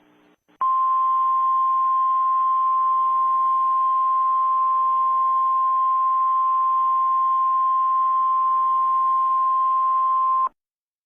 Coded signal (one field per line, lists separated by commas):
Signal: Emergency Alert System (SAME) tones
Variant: 1050 Hz attention tone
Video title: Another eas alert